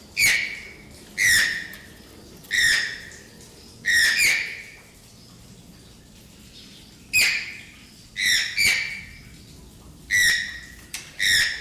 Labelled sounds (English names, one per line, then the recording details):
Channel-billed Toucan call
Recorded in captivity
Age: adult
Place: Tierpark Carl Hagenbeck, Hamburg, DE
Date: 1998-10-31 13:30
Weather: 8°C, bedeckt z.T. Regen, Wind
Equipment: Sony MD-WM MZ-R3, Sennheiser MKH 416 T, Kopie Uher 4000 Report Monitor
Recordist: Tembrock, Günter
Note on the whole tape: Männchen (?): vollständige Rufreihe. Zweites Exemplar später mit Einzelrufen (höher) in die Rufreihe hinein (Entfernung ca. 2 m). Teilweise Mikrofonkontaktprobleme